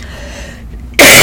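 A quiet room, then one sudden, loud, harsh cough bursts out at the very end from an adult woman who was trying to hold it back. It is a single cough during recovery from an upper respiratory infection and resulting bronchitis, on day 9 of the illness.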